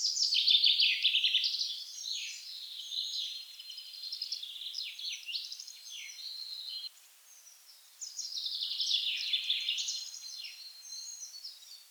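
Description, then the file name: Common chaffinch song, descending trilled phrases with a short pause before the last. "Fringilla coelebs"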